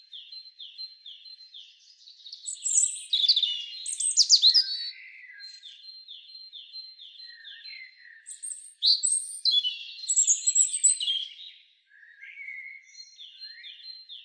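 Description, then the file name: European robin singing rapid series of short high down-slurred notes, broken by two loud, rich warbling bursts with sharp chirps. "Erithacus rubecula"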